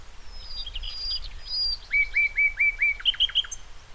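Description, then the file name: Common nightingale song: high twittering notes, then a run of about five loud rising whistles repeated evenly, ending in quick high chips, over low background rumble. "Luscinia megarhynchos"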